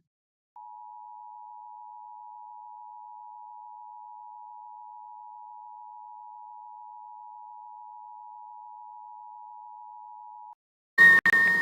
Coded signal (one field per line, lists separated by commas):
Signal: Emergency Alert System (SAME) tones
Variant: 853 and 960 Hz attention tone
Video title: LIVE AM/MW DX: DX Central Live - S. 4, Ep. 11 | Friday, March 22, 2024